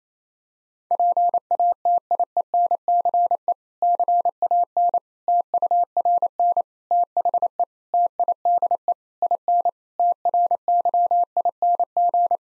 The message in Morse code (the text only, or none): PATIENCE CAN TURN THE TIDE IN TRYING